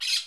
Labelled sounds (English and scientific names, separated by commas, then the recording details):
Brown-throated Parakeet (Eupsittula pertinax) contact call
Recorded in Curacao
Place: Hoffi Jan Thiel
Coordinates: 12.094, -68.877